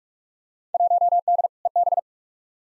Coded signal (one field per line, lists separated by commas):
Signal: Morse code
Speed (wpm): 45 wpm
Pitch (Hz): 700 Hz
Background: none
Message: 1D EB